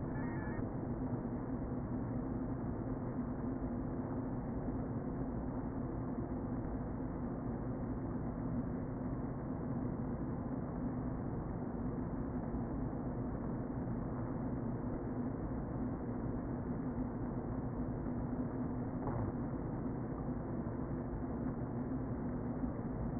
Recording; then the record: honeybee colony, microphone inside the hive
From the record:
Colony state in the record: queen present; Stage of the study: before two queens were removed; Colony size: about 60,000 bees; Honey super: yes